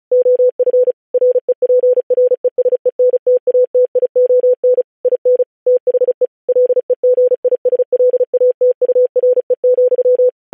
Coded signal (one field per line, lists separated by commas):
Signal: Morse code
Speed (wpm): 36 wpm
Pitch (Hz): 500 Hz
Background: none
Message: OF REPRESENTATION IN THE LEGISLATURE,